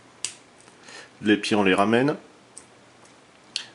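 During the transformation of a plastic Gobots Renegades transforming robot toy, a plastic toy limb is pushed fully into its clip on the robot body and seats with a sharp snap at about 0.3 s. Someone talks from about 1.2 to 2.1 s, and further sharp ticks follow at about 2.6 s and 3.6 s.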